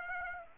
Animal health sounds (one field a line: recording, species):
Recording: mosquito wingbeat signal from an infrared sensor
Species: Aedes aegypti